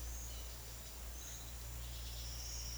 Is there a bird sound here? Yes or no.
no